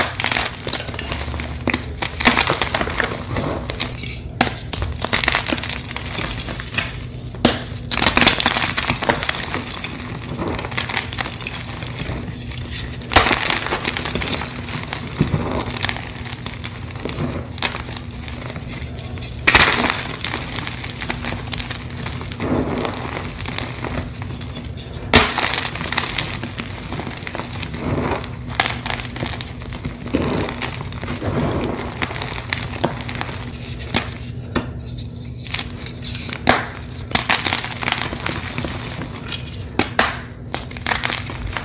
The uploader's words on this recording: Fresh & Dyed Blocks Random Gym Chalk Crushing Compilation. Nonstop asmr crushing sounds.